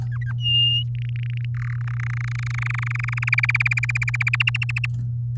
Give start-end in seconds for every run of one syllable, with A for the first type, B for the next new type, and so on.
0.12-0.33 A, 0.38-0.83 B, 0.95-1.45 C, 1.54-1.76 D, 1.78-3.29 E, 3.32-4.29 F, 4.33-4.86 G